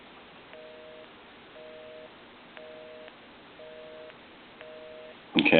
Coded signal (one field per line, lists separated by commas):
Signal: telephone call progress tone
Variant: North America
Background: speech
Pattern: busy tone